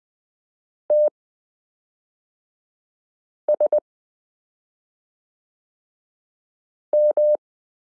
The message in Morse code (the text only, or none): TSM